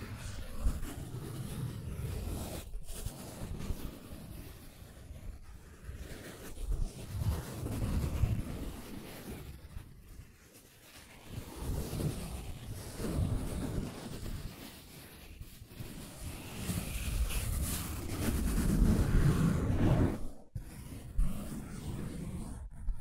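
Scratching and tracing sounds form a dense, rough rumble that swells and eases in uneven strokes, heaviest in the low end. Brief gaps break the texture around 3, 10, 14 and 20 seconds, and the scraping grows louder and rougher near 18 seconds.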